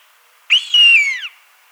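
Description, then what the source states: Gray-lined hawk calling once: a clear, drawn-out whistle that starts abruptly and slurs gradually lower before fading, with a soft background hiss. Recorded 9 January 2003.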